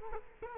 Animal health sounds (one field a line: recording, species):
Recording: mosquito wingbeat signal from an infrared sensor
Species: Culex quinquefasciatus